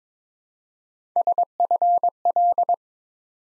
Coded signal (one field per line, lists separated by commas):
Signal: Morse code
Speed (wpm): 22 wpm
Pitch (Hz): 700 Hz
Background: none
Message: SFL